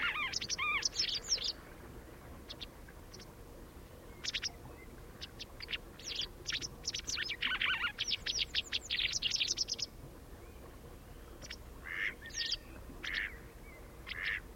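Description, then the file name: White wagtail calls, a twittering opening, then bursts of sharp high chirps at an uneven pace, thinning toward the end. "Ballerina Bianca"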